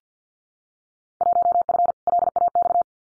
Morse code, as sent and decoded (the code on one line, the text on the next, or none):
.---- ..-. / .-.. .- -..-
1F LAX